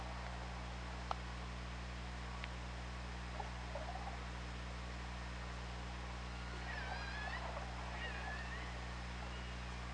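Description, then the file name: Killer whale calls: two harmonic, wavering tonal calls late, over a steady low underwater hum and hiss. Recorded on an OrcaLab hydrophone, 24 August 2017, 08:24. "Orca Lab UTLN JASON 20170824 082453"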